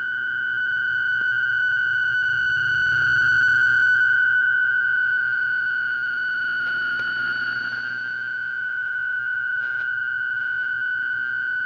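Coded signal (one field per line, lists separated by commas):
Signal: fast PSK data mode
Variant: PSKR mode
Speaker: now until the end of today's program i will be using the pskr modes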